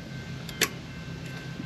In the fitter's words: it clicked on so all is good now it's just a matter of tightening